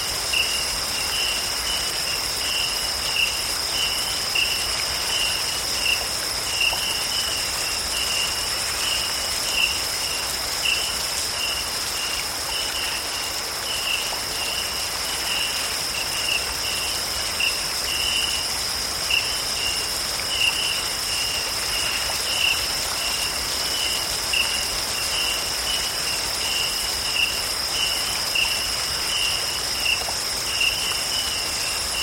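Rainforest ambience with a dense, steady hiss like rain on leaves filling the whole recording. A high, unbroken insect drone sits on top, with a pulsing chirp repeating rapidly throughout. Small ticks and drips pop up irregularly across the full thirty seconds.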